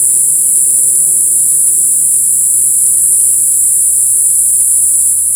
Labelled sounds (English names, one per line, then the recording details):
none
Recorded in forest near Pivijay, Magdalena, Colombia, on 5 June 2023 at 10:30
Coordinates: 10.467, -74.380
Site Z5-G034